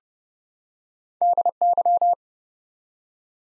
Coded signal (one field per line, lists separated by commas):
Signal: Morse code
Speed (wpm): 30 wpm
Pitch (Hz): 700 Hz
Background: none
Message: DY